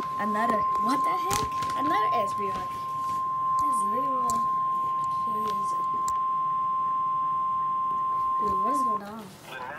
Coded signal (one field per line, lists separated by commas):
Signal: Emergency Alert System (SAME) tones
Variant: 1050 Hz attention tone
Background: speech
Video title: Severe Thunderstorm Warning On Station WXJ97 EAS #137